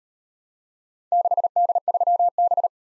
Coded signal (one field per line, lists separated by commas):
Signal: Morse code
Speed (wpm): 38 wpm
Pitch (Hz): 700 Hz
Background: none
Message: 6D3B